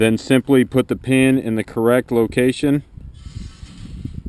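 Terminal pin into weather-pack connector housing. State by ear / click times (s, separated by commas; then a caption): not seated / none. Someone talks while a wire terminal pin is being handled for insertion into its cavity in a plastic weather-pack connector housing, followed by faint, low handling noise after about 2.9 s. The pin is not yet home; nothing has seated or clicked yet.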